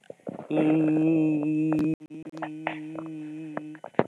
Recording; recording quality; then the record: sustained vowel as in beet; moderate, slight background noise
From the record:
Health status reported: exposed to COVID-19, no respiratory illness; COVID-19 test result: negative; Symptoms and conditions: fatigue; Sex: female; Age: 47 years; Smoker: yes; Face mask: not worn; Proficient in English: yes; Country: France